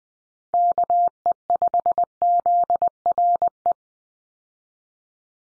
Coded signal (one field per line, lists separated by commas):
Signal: Morse code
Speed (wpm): 20 wpm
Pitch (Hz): 700 Hz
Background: none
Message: KE5ZRE